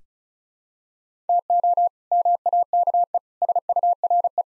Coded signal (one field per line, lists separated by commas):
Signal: Morse code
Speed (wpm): 36 wpm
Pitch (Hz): 700 Hz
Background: none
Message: TO MAKE SURE